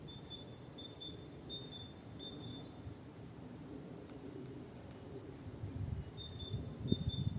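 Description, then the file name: Great tit calls: repeated high descending notes with short flat whistles, in two phrases. Low rumbling noise grows louder near the end. "Parus major"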